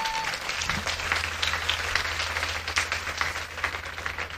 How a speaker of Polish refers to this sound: A ja myślę, że pokojowi potrzebne są ogromne brawa. Bijmy brawo za pokój.